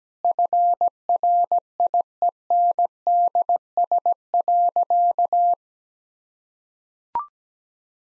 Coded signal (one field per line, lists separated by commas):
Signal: Morse code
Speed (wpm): 17 wpm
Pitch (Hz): 700 Hz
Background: none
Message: FRIENDS.